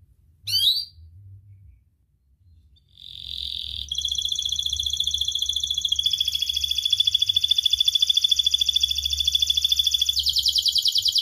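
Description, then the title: Atlantic canary song: a chirp, a short gap, then a long sustained high trill that shifts pitch and speed several times. Actively singing (gacor) canary with rich song phrasing (cengkok) and fill-in phrases (isian), from the Indonesian songbird hobby (kicaumania). "Kenari Gacor Cengkok Isian Kenarigacor Kicaumania Kenari"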